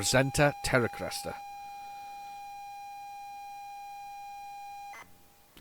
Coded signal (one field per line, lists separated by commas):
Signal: ZX Spectrum tape loading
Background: speech